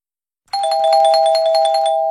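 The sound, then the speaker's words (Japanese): A bright electronic chime on MBS Radio marking the entry deadline of a lottery quiz rings out after a brief silence, a quick run of ringing bell-like tones over a steady sustained note, loud and clear with no voices. “締め切りのチャイムが鳴りました。”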